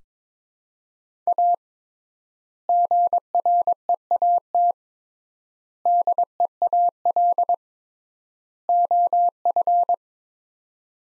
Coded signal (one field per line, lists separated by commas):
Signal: Morse code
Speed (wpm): 22 wpm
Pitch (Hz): 700 Hz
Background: none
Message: A GREAT DEAL OF